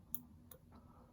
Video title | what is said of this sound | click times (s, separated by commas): ieGeek WiFi 1080p Security Camera - 25m Night Vision Model - Getting Started | that goes in that way push it into the clicks and stops | 0.1 s